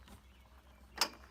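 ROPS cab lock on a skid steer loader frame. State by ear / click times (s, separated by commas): seated / 1.0 s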